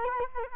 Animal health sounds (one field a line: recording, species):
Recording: mosquito wingbeat signal from an infrared sensor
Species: Culex quinquefasciatus